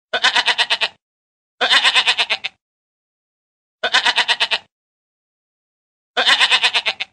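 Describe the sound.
Goat bleating four times, each a wavering, quavering bleat of just under a second, spaced roughly two seconds apart with silence between.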